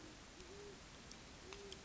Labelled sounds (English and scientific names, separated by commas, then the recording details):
Great Horned Owl (Bubo virginianus)
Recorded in Sonoma County, California